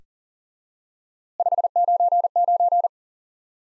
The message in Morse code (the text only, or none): 599